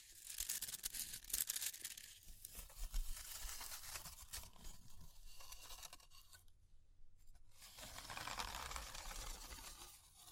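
Fire crackling with dense, bright snapping and crinkling throughout, briefly dropping away near seven seconds before the busy popping returns.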